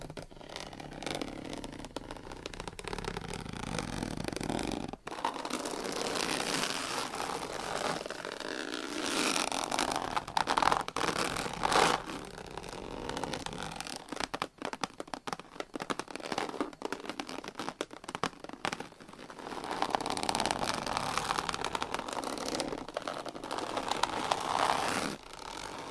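Scratching and tapping sounds that change every few seconds. A rough, dense rustle fills the first five seconds, then a sudden cut leads into brighter scratching, with a choppier, clicking stretch around 14 to 19 seconds and steady scraping again toward the end.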